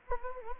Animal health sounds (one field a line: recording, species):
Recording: mosquito wingbeat signal from an infrared sensor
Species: Anopheles gambiae